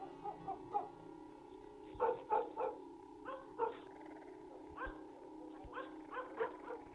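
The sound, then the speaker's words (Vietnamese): Several dogs bark at night in irregular clusters of short, sharp yaps, several quick barks at a time with brief pauses between, over a steady low hum in the background. “Mấy tiếng chó sủa vang lên đâu đó, làm cho bóng người kia bất giác giật mình lo lắng.”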